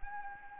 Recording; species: mosquito wingbeat signal from an infrared sensor; Anopheles arabiensis